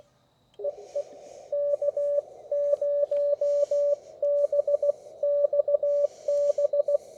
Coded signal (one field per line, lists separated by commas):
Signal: Morse code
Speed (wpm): 17 wpm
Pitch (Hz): 580 Hz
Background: radio noise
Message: EE K0BXB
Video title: How To Operate Portable Ham Radio Using Minimal Equipment